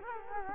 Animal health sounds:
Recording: mosquito wingbeat signal from an infrared sensor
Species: Culex quinquefasciatus

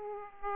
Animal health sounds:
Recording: mosquito wingbeat signal from an infrared sensor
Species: Aedes aegypti

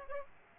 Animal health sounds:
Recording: mosquito wingbeat signal from an infrared sensor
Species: Aedes aegypti

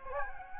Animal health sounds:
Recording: mosquito wingbeat signal from an infrared sensor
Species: Anopheles gambiae

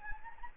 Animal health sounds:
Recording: mosquito wingbeat signal from an infrared sensor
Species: Anopheles gambiae

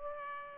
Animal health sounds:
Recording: mosquito wingbeat signal from an infrared sensor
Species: Culex pipiens

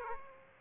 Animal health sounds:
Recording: mosquito wingbeat signal from an infrared sensor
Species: Aedes aegypti

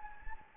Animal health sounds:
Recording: mosquito wingbeat signal from an infrared sensor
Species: Anopheles gambiae

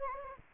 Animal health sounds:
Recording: mosquito wingbeat signal from an infrared sensor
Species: Anopheles gambiae

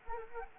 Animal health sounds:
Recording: mosquito wingbeat signal from an infrared sensor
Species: Anopheles gambiae

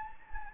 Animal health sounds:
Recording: mosquito wingbeat signal from an infrared sensor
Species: Anopheles gambiae

